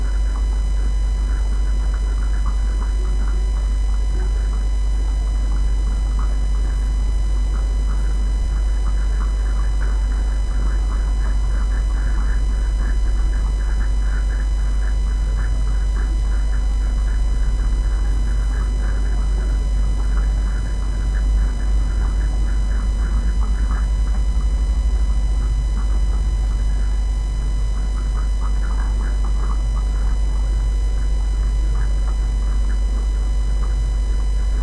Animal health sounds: poultry house recording; sick chickens (respiratory disease)

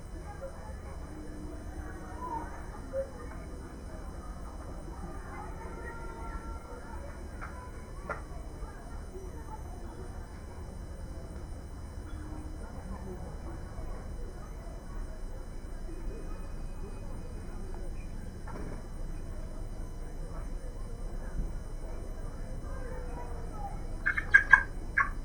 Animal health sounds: poultry house recording; healthy chickens

